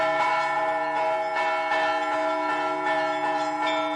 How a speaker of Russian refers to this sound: А колокола звенели, трезвонили вовсю.